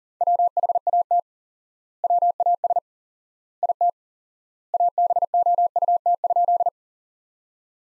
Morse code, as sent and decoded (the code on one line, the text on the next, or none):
.-- .... .- - / .-- .- ... / .. - / .- -... --- ..- - ..--..
WHAT WAS IT ABOUT?